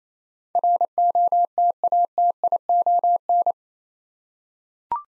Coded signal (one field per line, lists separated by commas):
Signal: Morse code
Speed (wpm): 27 wpm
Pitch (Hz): 700 Hz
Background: none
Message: ROTATION